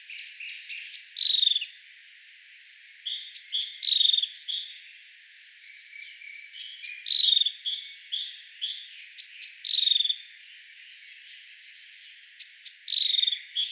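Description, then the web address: Bird repeating phrases of high descending whistles and soft chirps, about every three seconds, five phrases in all. "ornitologiya slovar Ptichki"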